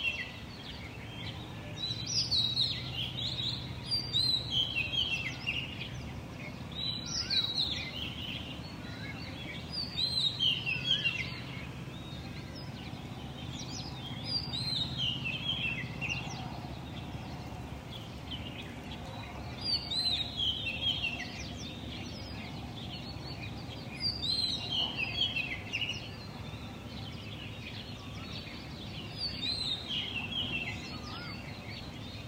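Birds sing on a morning in Dali, with bright, chirping phrases returning about every five seconds. Several calls overlap in busy bursts, then fade between them. A steady low hum runs underneath throughout.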